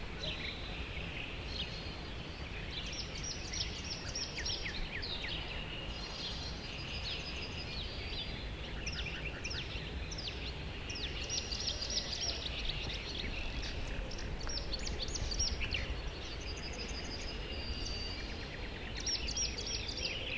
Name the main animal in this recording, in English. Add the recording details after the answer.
Common Whitethroat. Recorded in the wild. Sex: male. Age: adult. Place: Hobrechtsfelder Rieselfelder, Naturpark Barnim, Berlin, DE. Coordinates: 52.666, 13.47. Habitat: willow. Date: 2014-05-17 06:24. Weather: cloudy, 10°C, weak winds. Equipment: Sound Devices 702, Sennheiser MKH 70, Rycote Windschutz. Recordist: Frommolt, Karl-Heinz